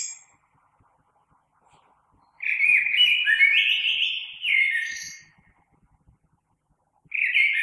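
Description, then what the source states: Common blackbird giving a full mellow, warbling phrase with rising and falling whistles and high squeaks, then beginning another phrase at the end. Recorded 3 March 2020.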